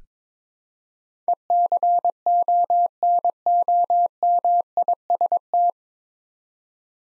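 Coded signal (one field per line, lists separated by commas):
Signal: Morse code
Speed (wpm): 22 wpm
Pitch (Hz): 700 Hz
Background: none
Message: ECONOMIST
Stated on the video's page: Morse practice set at 22 wpm building 9-letter words three letters at a time, for instant character recognition training.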